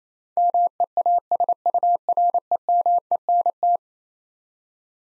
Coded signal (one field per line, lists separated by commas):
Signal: Morse code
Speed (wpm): 28 wpm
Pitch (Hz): 700 Hz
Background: none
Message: MEASUREMENT